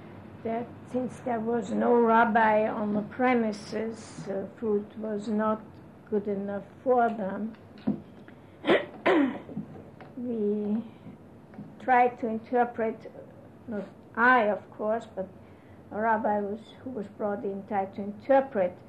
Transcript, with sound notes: that since there was no rabbi on the premises, food was not good enough for them. (she clears her throat) We tried to interpret, not I, of course, but a rabbi who was brought in tried to interpret